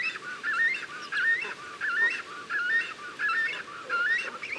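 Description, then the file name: Cormorant call series: short, harsh, upward-sliding honks in an even rhythm, with faint hiss underneath. Calling at the nest. "CORMORANS AU NID"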